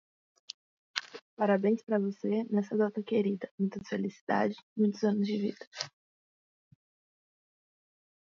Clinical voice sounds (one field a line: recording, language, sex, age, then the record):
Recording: short text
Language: Brazilian Portuguese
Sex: female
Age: 20 to 29 years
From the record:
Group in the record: control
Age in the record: 25 years